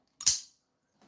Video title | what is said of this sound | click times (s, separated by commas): Kenman, Dan Kenman is live! | kind of double click sound I love it | 0.2 s, 0.3 s